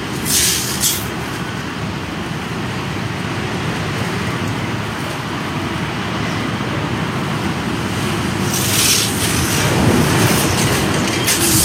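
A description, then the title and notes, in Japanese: Strong wind roars steadily and densely, with a heavy low rumbling buffet underneath throughout. Brighter hissing gusts surge in near the start, again around nine to ten seconds, and briefly at the very end, the overall level swelling slightly toward the close. とある梅雨入りの強風。風のものすごく強い日がありましたね。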